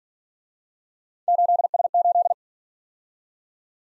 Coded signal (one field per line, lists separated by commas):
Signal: Morse code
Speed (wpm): 46 wpm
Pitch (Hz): 700 Hz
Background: none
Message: 8S8